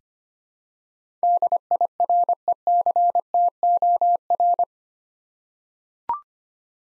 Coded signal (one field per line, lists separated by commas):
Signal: Morse code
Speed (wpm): 25 wpm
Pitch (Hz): 700 Hz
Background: none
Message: DIRECTOR